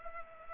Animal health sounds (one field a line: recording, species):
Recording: mosquito wingbeat signal from an infrared sensor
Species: Culex pipiens